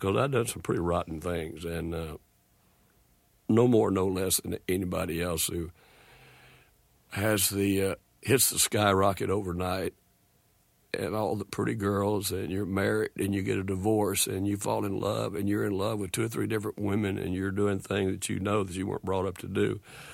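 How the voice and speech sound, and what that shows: An adult man's low-pitched voice speaks in fairly fluent phrases, with frequent creaky, tight-sounding vowels, glottal catches and long pauses between phrases. This is spasmodic dysphonia, present since 1972, in which the larynx slams shut involuntarily during speech.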